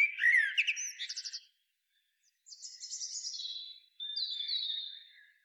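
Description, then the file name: Common blackbird song: a brief mellow warble with chirps, then a silent gap followed by two thin, high, scratchy strophes. "Turdus merula"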